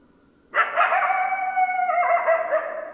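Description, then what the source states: Coyote howl: a sustained, quavering tone that starts abruptly and holds steady with slight breaks and wobbles. Coyotes, recorded on 10 December 2012.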